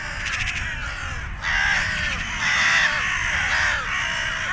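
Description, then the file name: Carrion crow calling, harsh smeared caws running together over steady low-frequency noise. "Corvus corone"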